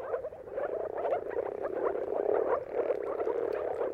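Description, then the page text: Continuous chorus of moor frogs, soft gurgling, bubbling notes packed closely together and steady in loudness. Moor frogs giving mating calls in a dawn chorus at sunrise, around the turn of March and April depending on weather; recorded by Jakub Orzecki. "Jakub-Orzecki moor frogs. Dawn’s Chorus: Mating Calls of Marsh Frogs at Sunrise. Depending on the weather at the turn of March and April, you can witness an amazing spectacle of moor frogs"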